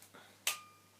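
A Sigma 24-70mm f2.8 zoom lens, its white dot lined up with the orange mark on the Alpha mount, is twisted onto the bayonet of a Sony A77 camera body after faint handling sounds. At 0.5 s the locking pin engages with a sharp, bright click that leaves a brief thin ringing tone. The lens is seated and locked on the body.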